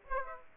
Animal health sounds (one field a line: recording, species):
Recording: mosquito wingbeat signal from an infrared sensor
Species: Aedes aegypti